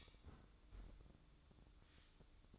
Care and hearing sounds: daily activity, microphone in the room; close fridge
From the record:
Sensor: 3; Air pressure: 1007.7 hPa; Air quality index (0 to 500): 79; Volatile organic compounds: 1 ppm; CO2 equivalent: 671 ppm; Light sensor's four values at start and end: 12/28/12/12 and 12/28/12/12

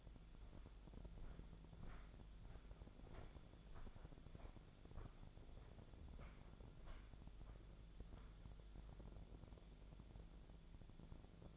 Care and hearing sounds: daily activity, microphone in the room; walk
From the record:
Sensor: 5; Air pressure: 1008.5 hPa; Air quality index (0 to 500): 163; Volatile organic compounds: 4 ppm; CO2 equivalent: 1570 ppm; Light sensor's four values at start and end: 68/187/74/75 and 68/187/74/75

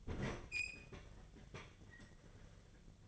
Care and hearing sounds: daily activity, microphone in the room; open fridge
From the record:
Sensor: 4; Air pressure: 1010.6 hPa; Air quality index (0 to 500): 176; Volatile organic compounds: 5 ppm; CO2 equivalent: 1787 ppm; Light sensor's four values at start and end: 34/101/40/40 and 33/96/38/38

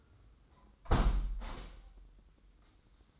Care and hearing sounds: daily activity, microphone in the room; close window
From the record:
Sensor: 3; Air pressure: 990.3 hPa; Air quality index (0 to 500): 181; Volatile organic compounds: 1000 ppm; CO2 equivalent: 5891 ppm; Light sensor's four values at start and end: 33/79/32/30 and 34/80/32/30

